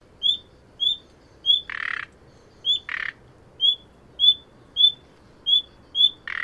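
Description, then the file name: Common nightingale calling: short, clear whistled notes repeated steadily, broken three times by a harsh, rasping burst. "Luscinia megarhynchos"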